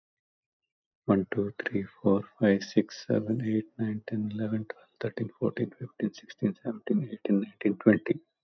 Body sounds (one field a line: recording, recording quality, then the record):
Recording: counting at a normal pace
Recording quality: excellent, no background noise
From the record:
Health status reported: healthy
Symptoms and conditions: none ticked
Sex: male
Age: 60 years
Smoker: not ticked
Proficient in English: yes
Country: India